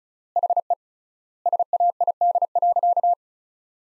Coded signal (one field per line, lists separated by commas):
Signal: Morse code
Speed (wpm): 36 wpm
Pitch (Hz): 700 Hz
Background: none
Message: HE SAID.